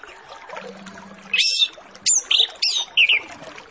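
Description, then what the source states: Orange-headed Thrush song: sharp, high scratchy notes in quick separate bursts, some sliding downward, after a quieter start with low hiss. Master lure recording with full filler phrases, used to prompt Orange-headed Thrushes to start singing quickly.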